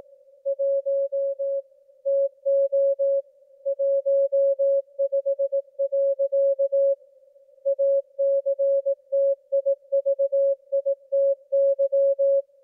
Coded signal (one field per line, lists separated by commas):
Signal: Morse code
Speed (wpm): 18 wpm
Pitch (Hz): 550 Hz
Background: music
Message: 1 TO 15. ACTIVITY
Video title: 2024-05-30 22:57 ET = W1AW CW broadcast (partial)